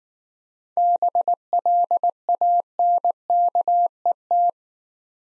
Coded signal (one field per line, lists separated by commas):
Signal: Morse code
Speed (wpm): 19 wpm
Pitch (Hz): 700 Hz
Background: none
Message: BLANKET